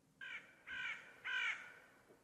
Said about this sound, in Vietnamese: Con quạ nhìn thầy chầm chập, đoạn kêu lên mấy tiếng.